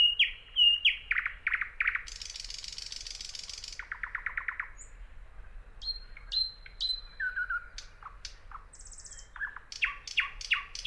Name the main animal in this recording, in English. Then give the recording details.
Thrush Nightingale. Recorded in the wild. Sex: male. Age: adult. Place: Teerofenbrücke, Nationalpark Unteres Odertal, Brandenburg, DE. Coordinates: 53.1333, 14.3525. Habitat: decidous forest. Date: 2013-05-05. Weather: clear, windless, 5°C. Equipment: Sound Devices 702, Sennheiser MKH 70, Rycote Windschutz. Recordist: Frommolt, Karl-Heinz. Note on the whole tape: Gesang eines Sprossers. Entfernung ca. 20 m